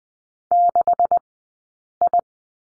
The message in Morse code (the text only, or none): 6I